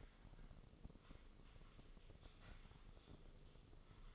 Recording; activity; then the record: daily activity, microphone in the room; typing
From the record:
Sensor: 4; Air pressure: 996.0 hPa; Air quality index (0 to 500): 64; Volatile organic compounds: 2 ppm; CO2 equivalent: 1142 ppm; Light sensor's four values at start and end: 14/38/14/14 and 14/38/14/14